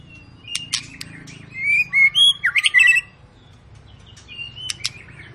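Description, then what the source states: White-rumped shama giving a short burst of high, quick whistled notes after a few sharp clicks, over a low background hum. Long lure recording meant to prompt other birds to sing; a continuously singing bird.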